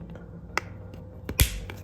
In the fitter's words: It snaps into place like that.